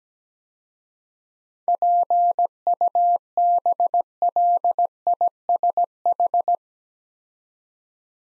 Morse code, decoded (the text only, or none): PUBLISH